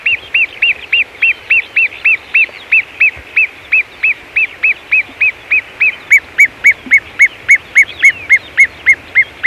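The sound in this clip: Great gerbil calls: a steady run of sharp, arched chirps, about three or four a second.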